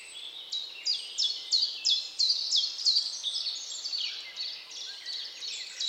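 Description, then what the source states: Bird song: high, clipped notes dropping in pitch, repeated about three times a second, then softer notes toward the close. Recorded at dawn.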